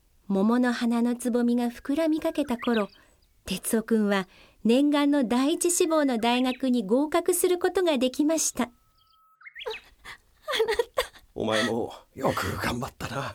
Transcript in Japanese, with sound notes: 桃の花のつぼみが膨らみかけたころ、哲男君は念願の第１志望の大学に合格することが出来ました。 （涙ぐんで）
あ、あなた…！
お前もよく頑張ったな。